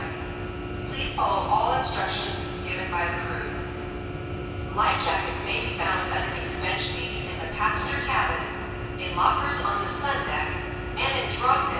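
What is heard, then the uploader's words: A ferry crossing, with a steady low engine rumble and a constant droning hum running under everything. Voices talk in short bursts through most of the clip, pausing briefly around the fourth second and again near the ninth. Ferry Crossing Elliott Bay. I spent the month of January in Seattle. We got up early one morning and caught the ferry from Seattle to Bainbridge Island.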